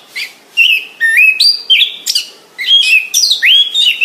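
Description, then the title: Orange-headed thrush song: clear whistled phrases, some rising and some falling, broken by short pauses, with sharp higher notes between them. Described with the Indonesian term 'gacor', used for a bird in full, continuous song. "Anis Kembang Gacor"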